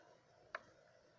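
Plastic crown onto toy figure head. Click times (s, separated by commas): 0.6 s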